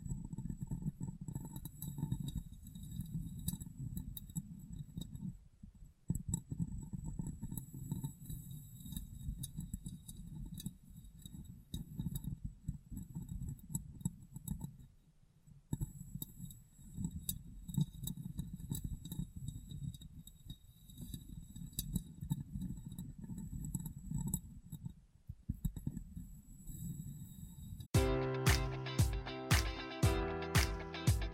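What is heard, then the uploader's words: Soft glass tapping and wiping with a low rustling rumble and scattered light clicks, ending in a burst of sharp, regular clinks. ASMR Glass Brain Tapping & Cleaning (No Talking).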